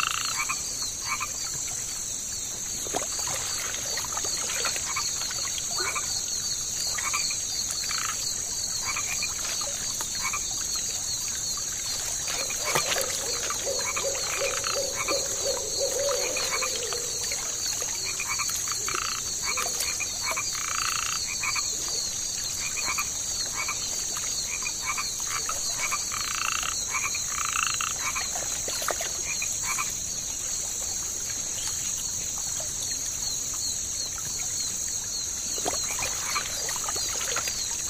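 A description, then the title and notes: A swampy marsh at night, filled with a steady, dense chorus of high, shrill insects and frogs that never lets up. Scattered croaks and chirps pop out throughout, with a low buzzing call around the middle of the recording. Midnight Marsh Ambience. Nature sounds of a swampy marsh under the light of the moon.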